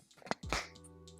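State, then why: Seated. A plastic lamp head or stand part is fitted onto the body of a small USB color-changing sunset projector lamp during assembly. It snaps into place with a sharp plastic click at 0.3 s, followed by a louder knock and a low sustained hum. The part is seated.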